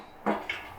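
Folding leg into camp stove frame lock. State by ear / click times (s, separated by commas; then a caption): seated / 0.3 s, 0.5 s. A small release notch is pressed and the steel or aluminum folding leg of a Camp Chef Pro 60x portable two-burner camp stove is swung out into its frame lock. A heavy, broadband clunk at 0.3 s is followed by a brighter, sharper click at 0.5 s. The leg locks firmly into place with a nice, heavy feel.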